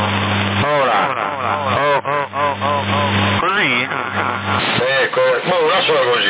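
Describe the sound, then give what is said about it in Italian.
A voice comes over a CB radio in Sassari, its microphone set to a heavy echo effect that smears its wavering tones, the sound thin and band-limited, over a steady low electrical hum that cuts in and out. “Oh, guarda, è microfono normale. Aumentali l'eco a vedere.”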